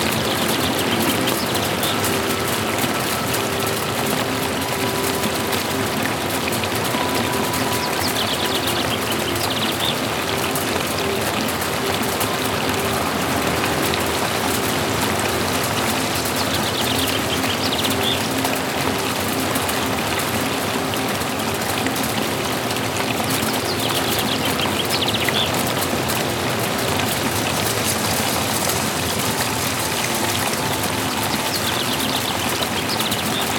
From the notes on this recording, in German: Aufnahme aus dem Englischen Garten in München